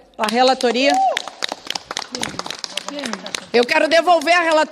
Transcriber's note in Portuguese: aplausos